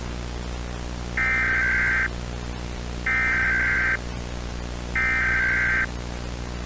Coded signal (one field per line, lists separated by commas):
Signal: Emergency Alert System (SAME) tones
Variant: header bursts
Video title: EAS Scenario